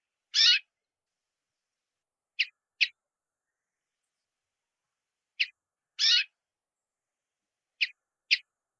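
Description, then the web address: Brambling calls, short buzzy notes given singly or in quick pairs, with a longer rasping note every few seconds, against silence. "atori"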